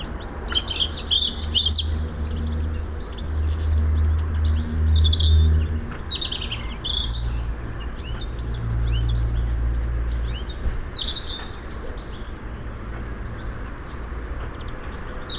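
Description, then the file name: European robin song, with scattered high, tinkling, varied phrases throughout over a strong, low droning hum in the first ten seconds. "Erithacus rubecula"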